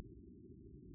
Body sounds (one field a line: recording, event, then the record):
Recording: neck accelerometer signal played as sound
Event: no cough (speech, laughter, throat clearing or background)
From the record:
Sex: male